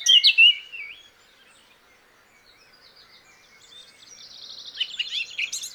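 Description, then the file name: Eurasian blackcap song: loud clear whistled notes opening, then a long quiet stretch of faint high warbling that grows into a busier, louder twittering at the end. "Sylvia atricapilla"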